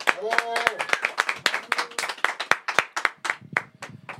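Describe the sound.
A few people clap in steady, sharp, crisp claps for about four seconds, with a brief voice at the very start before the applause carries on alone.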